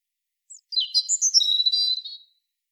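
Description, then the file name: European robin song phrase: a thin high whistled note, then a fast tumbling series of high warbled notes fading into a thin trill. "Erithacus rubecula"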